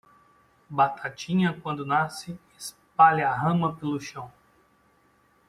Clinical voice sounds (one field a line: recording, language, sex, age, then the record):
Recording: short text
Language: Brazilian Portuguese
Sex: male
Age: 40 to 49 years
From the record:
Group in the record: control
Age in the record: 41 years